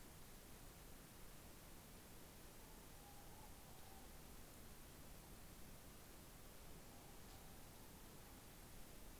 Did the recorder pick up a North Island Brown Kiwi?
no